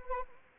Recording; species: mosquito wingbeat signal from an infrared sensor; Anopheles arabiensis